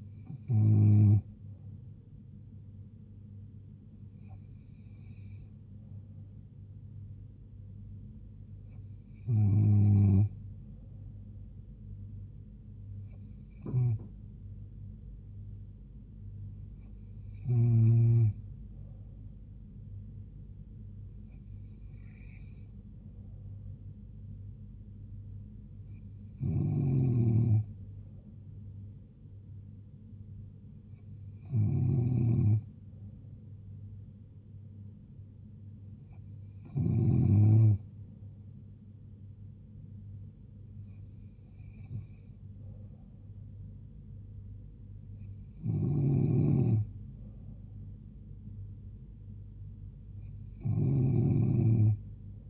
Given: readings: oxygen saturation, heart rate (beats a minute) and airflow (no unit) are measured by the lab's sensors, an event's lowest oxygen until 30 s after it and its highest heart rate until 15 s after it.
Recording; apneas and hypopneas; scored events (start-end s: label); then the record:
breathing in sleep by a smartphone at the bedside; none
none scored
From the record:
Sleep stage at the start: N3 (deep sleep); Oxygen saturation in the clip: 94 to 95%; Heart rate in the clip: 68 to 76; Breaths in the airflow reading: 12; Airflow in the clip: -2.7 to 1.9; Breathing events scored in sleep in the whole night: 158 in 7.3 hours asleep